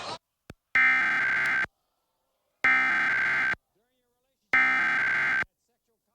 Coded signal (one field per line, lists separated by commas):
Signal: Emergency Alert System (SAME) tones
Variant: header bursts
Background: speech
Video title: Massachusetts Monthly Test on WWLP-DT2 (9/3/2024) (EAS #145)